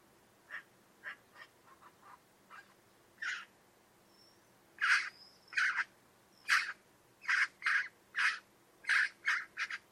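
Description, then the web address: Bird giving a series of scratchy calls that begin soft and sparse, then grow louder. "Deverinetal 2025 File origin Bird Only"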